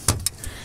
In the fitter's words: and look at that locks in place right here.